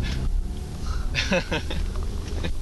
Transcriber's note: laughter